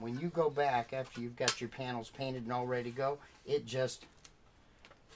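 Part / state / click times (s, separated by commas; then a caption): center trim piece on a car exterior sunvisor / seated / 4.2 s, 4.9 s. The small center trim piece of a Fulton Sunvisor 800 model car exterior sunvisor, previously pried off with a small screwdriver, is pressed back onto the visor while someone talks. After the talking stops, two faint sharp clicks are heard at 4.2 s and 4.8 s as the piece snaps back in place and is seated.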